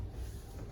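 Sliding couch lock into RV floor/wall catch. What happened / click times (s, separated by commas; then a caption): The sliding couch is moving but has not yet locked / none. The couch on wheels in a 2025 Forest River Wildwood Roost 43 RV is slid over toward its floor or wall catch after the metal lock piece between the cushions has been pulled out and pushed over. A steady low rolling rumble is heard for the whole 0.8 seconds with no distinct knock. Nothing has seated or clicked yet; the couch is not yet locked into place.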